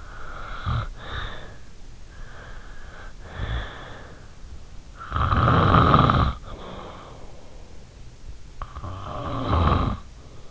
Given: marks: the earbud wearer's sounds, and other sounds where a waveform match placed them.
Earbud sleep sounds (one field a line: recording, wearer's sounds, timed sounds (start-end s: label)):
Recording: sounds in sleep by an in-ear microphone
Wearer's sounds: snoring breath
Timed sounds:
0.00-7.25 s: snoring breath
8.40-10.51 s: snoring breath